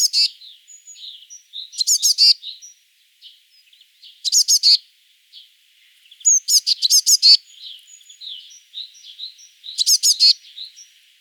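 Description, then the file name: Eurasian blue tit calling in several quick bursts of three to five sharp, high, chattering notes, with soft thin notes in between. "Cyanistes caeruleus"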